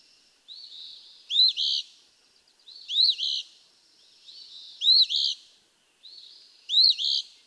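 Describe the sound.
Eastern phoebe song, a burry two-note fee-bee repeated four times, softer buzzy notes leading into each phrase.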